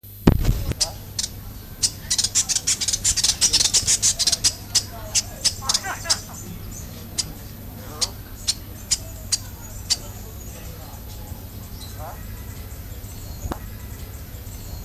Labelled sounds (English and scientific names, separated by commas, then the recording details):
Village Weaver (Ploceus cucullatus) call
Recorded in captivity
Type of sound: call
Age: adult
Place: Zoo Berlin, Berlin, DE
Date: 2005-08-17 15:08
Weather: fair, 18°C
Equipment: Panasonic RQ-2102, Sennheiser ME 80, Kopie Uher 4000 Report Monitor
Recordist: Tembrock, Günter
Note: Dorfweber, als Textorweber (Textor cucullatus) bezeichnet: Lautfolgen